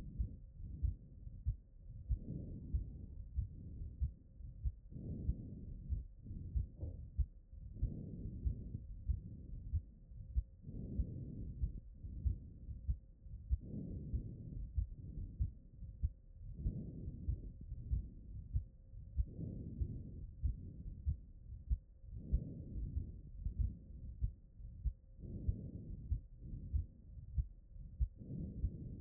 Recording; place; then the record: heart sounds by stethoscope; pulmonary valve (PV)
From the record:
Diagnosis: non-HFrEF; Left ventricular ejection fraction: 47%